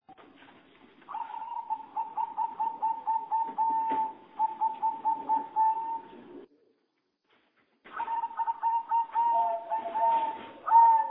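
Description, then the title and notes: Bird song: rapid series of short, steady whistled notes on one pitch, a brief pause, then the note series resumes with a few lower notes near the end. "Bird Sound. Kicau Burung Lengkap"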